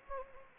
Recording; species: mosquito wingbeat signal from an infrared sensor; Anopheles gambiae